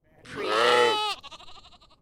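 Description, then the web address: Sheep bleat, one long wavering harmonic-rich bleat lasting under a second, followed by a quieter, shorter broken bleat. A lamb and an adult sheep. "lynne-publishing Animal Sheep Lamb and Adult"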